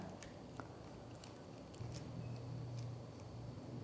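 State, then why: Not seated. The long back cap is turned by hand into the TIG welding torch of a DAESUNG TIG160 dual-function argon welder for stainless steel. Faint handling taps and scrapes come at about 0.2, 0.6, 1.2 and 2.0 s, and a low steady hum starts around 1.8 s. Nothing has seated or locked yet.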